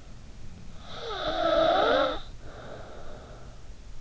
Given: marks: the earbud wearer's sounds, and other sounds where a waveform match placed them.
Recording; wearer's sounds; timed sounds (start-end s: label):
sounds in sleep by an in-ear microphone; snoring breath
0.38-3.81 s: snoring breath